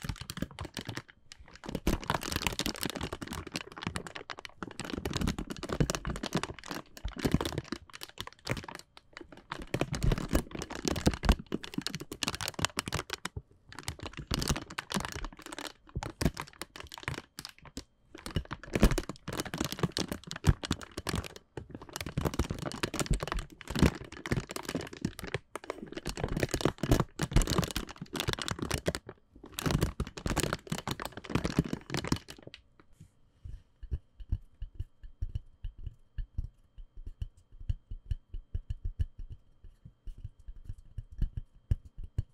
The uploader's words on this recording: 包材觸發. Bubble bag triggers.